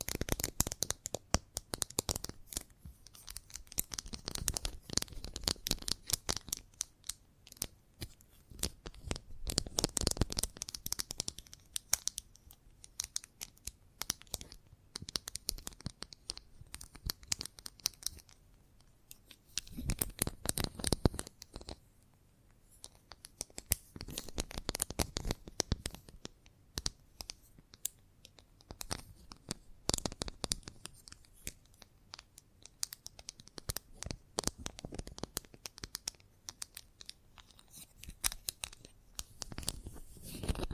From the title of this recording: Chalk Sounds Tapping, Scratching, Carving